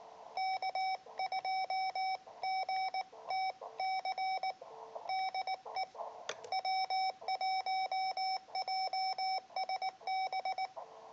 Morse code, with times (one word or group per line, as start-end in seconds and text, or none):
0.4-4.5 K2GTC
5.1-5.8 DE
6.5-10.7 W1JSB